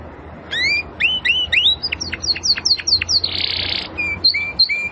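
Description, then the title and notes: Domestic canary song of rising slurred whistles, quick choppy notes, a brief buzzy burst and clear level whistles, with soft hiss behind. Belgian canary singing; labelled 'Campainha'. "Canário Belga Campainha Canary Singing. Canario Belga Cantando"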